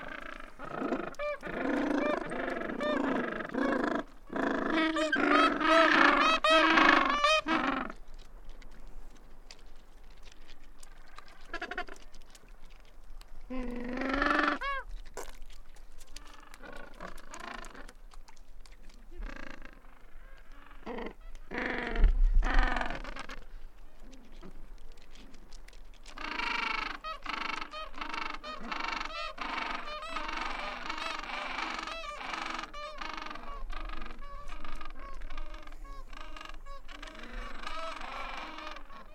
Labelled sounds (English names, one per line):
Gentoo Penguin call